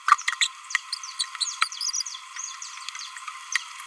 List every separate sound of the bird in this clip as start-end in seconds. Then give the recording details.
0.41-0.47, 1.20-1.24, 1.61-1.70. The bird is a male. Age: 27 days. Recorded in a nest box in Venezuela. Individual 17B31A2